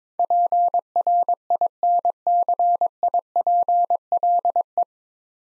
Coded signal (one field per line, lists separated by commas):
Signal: Morse code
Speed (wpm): 22 wpm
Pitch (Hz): 700 Hz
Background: none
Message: PRINCIPLE